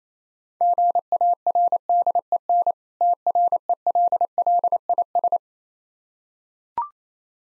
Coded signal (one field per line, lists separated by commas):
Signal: Morse code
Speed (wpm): 27 wpm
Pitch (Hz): 700 Hz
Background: none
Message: GARDEN TRELLIS